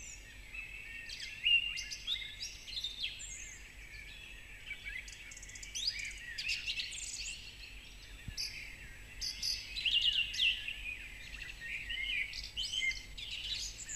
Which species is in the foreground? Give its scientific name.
Turdus philomelos